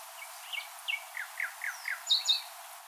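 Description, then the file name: Common nightingale song: a short run of quiet descending slurred notes, ending in two louder sharp high notes. "Luscinia megarhynchos"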